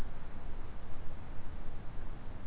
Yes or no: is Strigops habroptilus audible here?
no